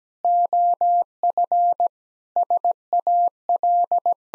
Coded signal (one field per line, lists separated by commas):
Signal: Morse code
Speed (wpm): 17 wpm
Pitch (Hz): 700 Hz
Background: none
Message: OF SAL